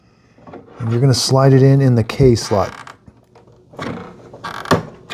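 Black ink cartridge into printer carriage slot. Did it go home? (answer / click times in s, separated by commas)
yes / 4.7 s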